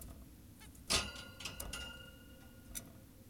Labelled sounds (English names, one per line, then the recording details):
Zebra Finch
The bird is an adult
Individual g17y2U